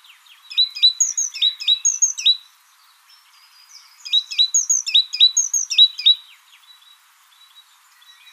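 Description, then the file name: Great tit giving two runs of quick, high, clipped notes in repeated phrases, with a quiet pause between the runs. "Parus major"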